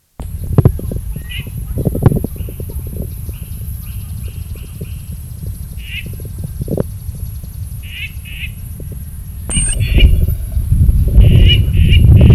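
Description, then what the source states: Hose's toad calls: short, buzzy pulsed bursts at a fairly high pitch, given in loose runs, over a steady high insect whine and low rumbling noise. Recorded at Base Camp.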